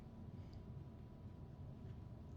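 A thin metal cutting die is held and lined up over its recess in a plastic hybrid embossing folder, not yet pushed home. Over a steady low rumble with a faint thin tone near 1 kHz, one brief faint tick sounds at about 0.5 s. Nothing has snapped into place yet.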